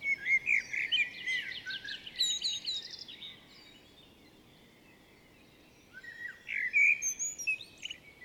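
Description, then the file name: Common blackbird song: mellow warbled notes with a rapid high twittering run, a silent pause, then another fluted phrase. "Turdus merula"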